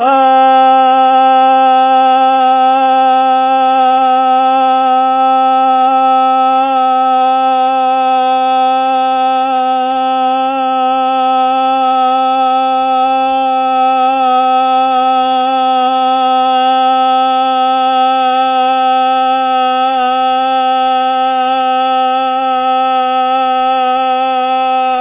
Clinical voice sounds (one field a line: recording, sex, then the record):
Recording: sustained vowel /a/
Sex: male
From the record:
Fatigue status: no fatigue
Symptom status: asymptomatic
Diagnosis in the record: COVID-19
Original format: 3gp